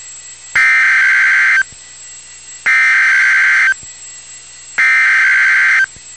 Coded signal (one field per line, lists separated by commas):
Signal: Emergency Alert System (SAME) tones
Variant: header bursts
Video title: Real NOAA Weather Radio EAS Alert #111